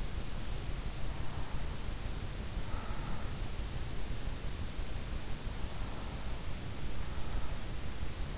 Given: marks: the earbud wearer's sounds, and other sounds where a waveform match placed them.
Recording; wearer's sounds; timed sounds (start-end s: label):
sounds in sleep by an in-ear microphone; breath
2.38-3.25 s: breath